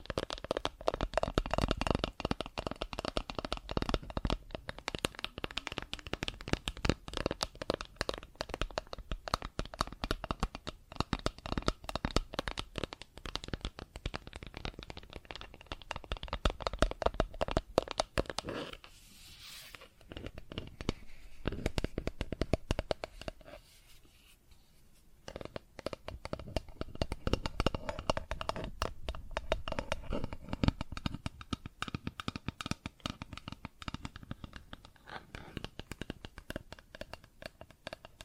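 Plastic objects tap and scratch in a dense, restless stream of sharp clicks and rasping scrapes, the rhythm irregular and busy throughout. The activity thins out briefly around twenty and again near twenty-four seconds before picking back up to its earlier crowded pace.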